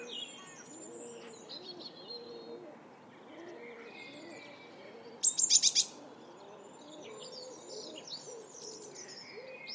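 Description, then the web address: Eurasian blue tit call: one quick burst of about five thin, very high notes, over a steady low background sound and scattered faint chirps of other birds. "cianscape. Deverinetal"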